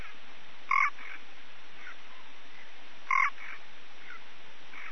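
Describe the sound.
Physalaemus nanus frog calls: two loud, short, harmonic whining notes about two and a half seconds apart, over a steady chorus of fainter similar calls and a constant hiss.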